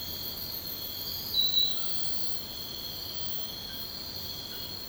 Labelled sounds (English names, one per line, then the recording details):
none
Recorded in secondary vegetation near Puerto Asís, Putumayo, Colombia, on 13 March 2025 at 04:30
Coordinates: 0.498, -76.327
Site G001